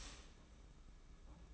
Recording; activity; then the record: daily activity, microphone in the room; start toaster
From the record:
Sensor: 1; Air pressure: 991.7 hPa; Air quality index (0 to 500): 171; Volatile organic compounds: 1000 ppm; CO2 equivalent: 6429 ppm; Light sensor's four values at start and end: 33/110/42/44 and 33/110/42/44